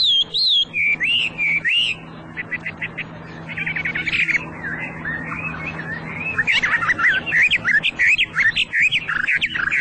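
Hwamei song: varied whistled phrases, a quieter passage with quick stuttered repeated notes, then loud rapid looping whistles resuming.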